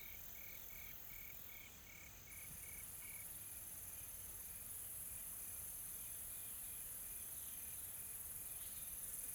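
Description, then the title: Insects droning at a high pitch throughout; a pulsed chirping insect repeats steadily for the first three seconds, then fades into fainter ticking. Tropical forest ambience; soft, calm insect sounds. "GameAudioGDC. AMBIENCE Additional Tropical Forest Soft Insects Calm"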